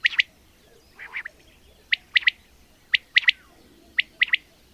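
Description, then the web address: Common quail repeating its quick trisyllabic call about once a second, with a softer, lower note cluster near the start. "agykontroll Madardalok Cd 2. Fürj"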